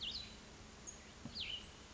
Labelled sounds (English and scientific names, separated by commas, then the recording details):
Cassin's Vireo (Vireo cassinii)
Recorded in Sonoma County, California